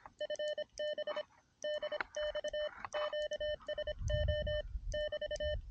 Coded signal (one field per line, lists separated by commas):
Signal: Morse code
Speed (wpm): 26 wpm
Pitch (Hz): 600 Hz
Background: none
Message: FB DX QSO <BT>